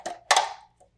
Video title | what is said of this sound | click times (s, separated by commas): Shuyeon Cordless Real Wood Blinds Installation & Review - Shoppable Madness | Go ahead and looks like that just snaps right into the unit. | 0.3 s